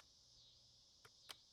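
A wiper blade on a BMW iX is fitted onto the windshield wiper arm at an angle and wiggled until it falls into place. Over a steady background hiss, a soft click at about 1.0 s is followed by a sharper, louder click at 1.3 s as the blade snaps onto the arm and seats.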